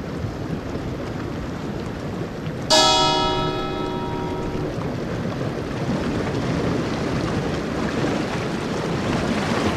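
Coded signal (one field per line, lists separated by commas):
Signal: bell signal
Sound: one clear bell stroke ringing out and fading, over constant rushing noise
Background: surf or rain noise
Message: 1 stroke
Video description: A bell was used as the fog signal. The bell rang once followed by 15 seconds of silence.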